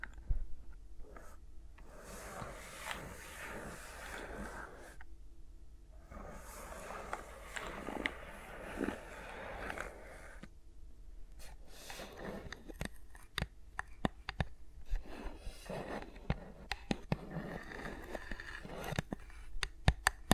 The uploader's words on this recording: ASMR with Mics Around My Fingers (No Talking).